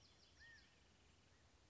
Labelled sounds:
California Quail
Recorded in Sonoma County, California

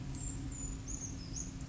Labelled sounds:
Brown Creeper
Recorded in Sonoma County, California

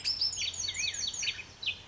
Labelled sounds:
Black-headed Grosbeak
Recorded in Sonoma County, California

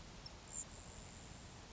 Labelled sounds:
Grasshopper Sparrow
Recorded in Sonoma County, California

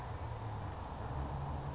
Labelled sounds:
Anna's Hummingbird
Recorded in Sonoma County, California

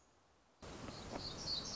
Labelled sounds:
Black-throated Gray Warbler
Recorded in Sonoma County, California

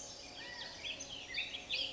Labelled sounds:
California Quail
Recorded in Sonoma County, California

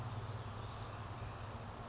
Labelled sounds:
Western Flycatcher
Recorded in Sonoma County, California

